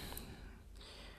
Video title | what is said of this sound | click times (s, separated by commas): Perbedaan Cynova Ori VS OEM untuk DJI Osmo Action | ada suara kleknya. Klek tapi nggak terlalu keras. | 0.2 s